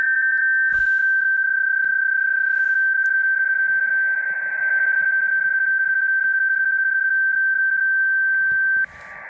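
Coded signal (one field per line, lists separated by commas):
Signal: PSK31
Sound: steady narrow warbling tone near 1.5 kHz, briefly a second tone, soft hiss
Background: radio static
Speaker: I'm gonna try some digital PSK 31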